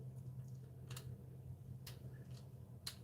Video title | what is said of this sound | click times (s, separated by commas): Live Unboxing Hot Toys Iron Man Mk 21 Midas MMS 586 D36 High Altitude Suit Chrome Robert Downey Jr | Yeah, you hear it popping? | 2.9 s